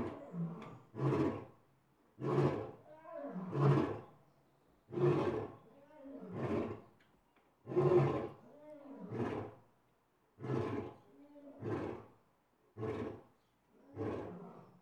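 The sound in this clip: Lion roaring in a long series of deep, grunting bursts, with softer sounds between them.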